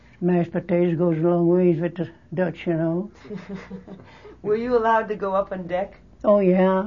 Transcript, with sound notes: Mashed potatoes goes a long ways with the Dutch, you know.
(laughs) Were you allowed to go up on deck?
Oh yeah.